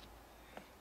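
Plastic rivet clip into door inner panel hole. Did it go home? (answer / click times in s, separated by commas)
yes / 0.6 s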